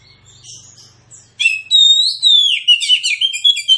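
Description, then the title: Oriental magpie-robin song: after faint low humming, a loud stream of rich whistles, slurred rising and falling notes and quick chattering phrases. Kacer with aggressive fighting song full of 'tembakan' bursts; titled as therapy for reluctant singers. "Kacer Langsung Tarung Konslet KACER NGOTOT FULL TEMBAKAN. Kicau Kacer santaiterapi Kacer males bunyi"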